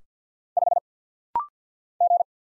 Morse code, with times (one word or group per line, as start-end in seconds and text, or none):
0.6-0.8 5
2.0-2.2 G